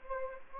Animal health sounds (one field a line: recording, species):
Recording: mosquito wingbeat signal from an infrared sensor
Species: Anopheles gambiae